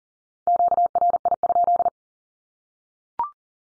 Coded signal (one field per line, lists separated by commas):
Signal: Morse code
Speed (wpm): 40 wpm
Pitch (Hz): 700 Hz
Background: none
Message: QRI?